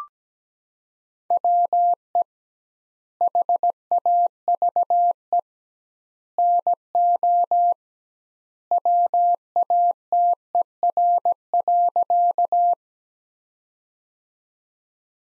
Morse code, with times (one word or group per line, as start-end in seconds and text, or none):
1.3-2.2 WE
3.2-5.4 HAVE
6.4-7.7 NO
8.7-12.7 WATER.